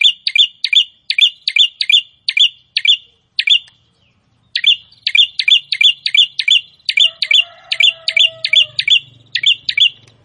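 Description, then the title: Prinia song: fast chirps in a steady series, a pause of about a second, then the series resumes, with a faint low hum later in the background. Bird in full, active song (gacor). "Prenjak gacor"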